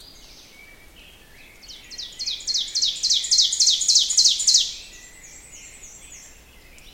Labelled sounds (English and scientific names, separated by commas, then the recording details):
Ovenbird (Seiurus aurocapilla) song
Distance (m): 5 m
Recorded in boreal forest in Alberta, Canada, on 6 June 2016 at 07:39
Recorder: SongMeter 3, array SBT-3-51
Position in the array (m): 230 m, 137 m
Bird 28